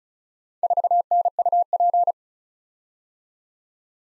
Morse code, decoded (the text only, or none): 4NUP